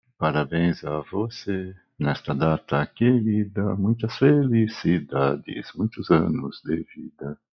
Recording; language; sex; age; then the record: short text; Brazilian Portuguese; male; 50 to 59 years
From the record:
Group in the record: control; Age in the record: 59 years